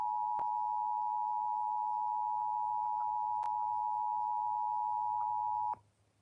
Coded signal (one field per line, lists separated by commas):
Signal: Emergency Alert System (SAME) tones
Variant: 853 and 960 Hz attention tone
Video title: EAS Severe T’storm Warning #21 3/14/25 (Credit Goes To @SouthernPennsylvaniaWX & @KanawhaCountyWX)